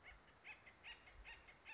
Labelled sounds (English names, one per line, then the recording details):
Acorn Woodpecker
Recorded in Sonoma County, California